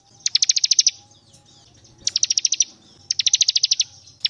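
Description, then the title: Bar-winged prinia song: three quick strings of about eight bright, evenly spaced chirps, each string lasting under a second, then the start of a fourth, over a faint low hum. Vigorously singing bird calling its rival; master recording used to train other cage birds. "Ciblek gacor manggil lawan ciblekmu lanhsung nyaut"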